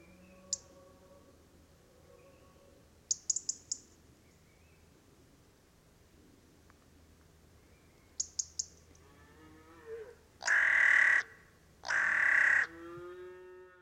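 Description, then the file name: Carrion crow calls: two harsh, drawn-out caws near the end, each under a second long, preceded by scattered sharp high ticks and a faint low background hum. "Corvus corone"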